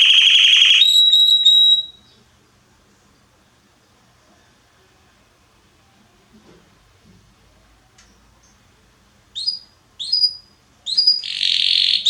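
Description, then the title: Belgian canary song: a loud, dense high trill for about two seconds, silence, then short whistled bursts and another rich buzzy trill near the end. Male Belgian canary named Salsa singing very strongly and a lot; used to warm up young birds. "Esquente Seu Filhote E Canario Belga Em 30 Minutos Macho Cantando Muito. Canrio Belga Salsa cantando muito forte"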